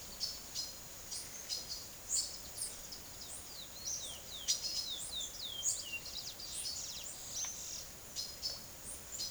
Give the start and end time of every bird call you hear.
0.00s-3.44s: Ramphocelus carbo
2.82s-7.83s: Sporophila angolensis
3.95s-9.30s: Ramphocelus carbo

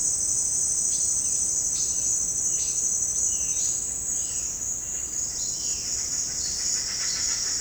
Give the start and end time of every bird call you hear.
0.92s-1.09s: Ramphocelus carbo
1.23s-5.15s: Cyanocorax violaceus
1.75s-1.91s: Ramphocelus carbo
2.57s-2.79s: Ramphocelus carbo
3.59s-3.77s: Ramphocelus carbo
5.27s-7.60s: Ortalis guttata

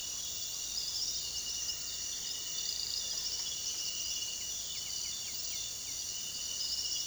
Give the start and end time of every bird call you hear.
0.70s-4.81s: Tyrannus melancholicus
4.71s-5.92s: Pachyramphus polychopterus
6.54s-7.06s: Tyrannus melancholicus

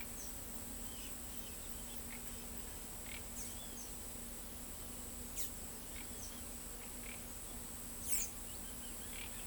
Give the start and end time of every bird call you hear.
3.30s-3.48s: Thraupis episcopus
5.36s-5.53s: Thraupis episcopus
8.01s-8.33s: Thraupis episcopus

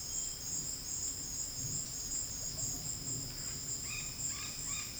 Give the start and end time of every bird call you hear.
3.84s-4.94s: Aratinga weddellii

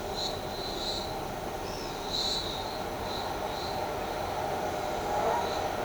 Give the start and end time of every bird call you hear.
1.64s-1.98s: Atalotriccus pilaris

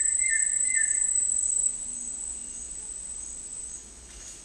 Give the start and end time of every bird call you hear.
0.00s-0.88s: Hypocnemis peruviana
0.00s-1.15s: Akletos melanoceps

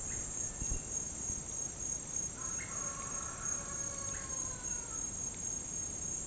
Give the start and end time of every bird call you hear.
0.00s-0.20s: Psarocolius angustifrons
0.23s-0.70s: Crypturellus cinereus
2.52s-2.72s: Psarocolius angustifrons
4.07s-4.26s: Psarocolius angustifrons

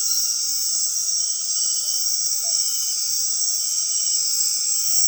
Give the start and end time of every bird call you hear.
1.75s-2.55s: Megascops choliba

